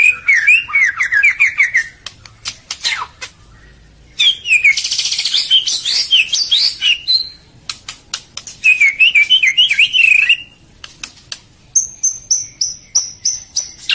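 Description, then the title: White-rumped shama song: repeated looping whistled trills alternating with harsh rasping bursts and crisp clicking notes, ending in a series of high whistles. Song used as a training master for other cage birds to learn from. "MASTERAN MURAI BATU LABAIK"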